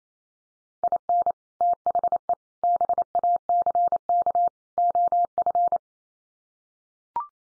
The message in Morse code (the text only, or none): IN THE BACK OF